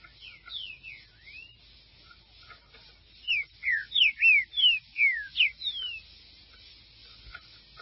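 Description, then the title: Green-winged saltator singing: a few soft whistles at first, then a loud run of several sharp, slurred whistled notes in quick rhythm. "Trinca Ferro"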